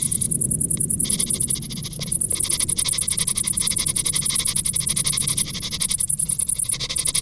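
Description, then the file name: Crickets chirping in a steady, high-pitched stream of rapid pulses, with a low rumble underneath. "Grillen"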